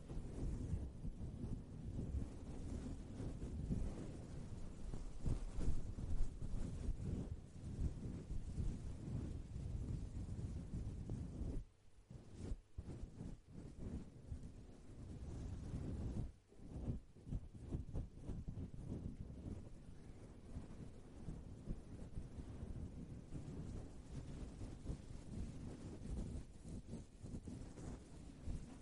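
Dense scratching on a head with soft breathy blowing, a steady low rustling rumble that briefly drops quieter near twelve and sixteen seconds.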